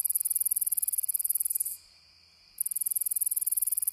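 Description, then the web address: Rattler round-winged katydid rattling song, a high pulsed buzz that stops for under a second and then resumes. Recorded in North America. "Songs of Insects. Rattler Round-winged Katydid"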